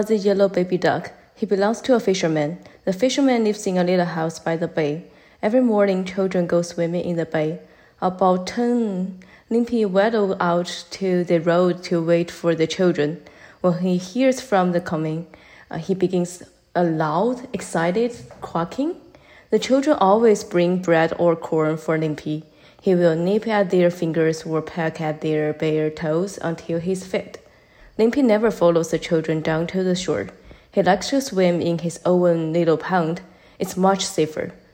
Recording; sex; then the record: reading aloud after running; female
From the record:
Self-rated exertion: light exertion (2 of 6); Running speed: 6 miles an hour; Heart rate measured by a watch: 117 beats a minute at the start, 121 at the end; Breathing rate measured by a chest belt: 22 breaths a minute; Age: 28 years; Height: 155 cm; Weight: 44 kg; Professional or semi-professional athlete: no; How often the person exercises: 3 to 5 times a week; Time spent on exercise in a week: over 5 hours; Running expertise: yes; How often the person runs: 3 to 5 times a week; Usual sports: running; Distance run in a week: 45 km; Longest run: 32 km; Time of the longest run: 200 minutes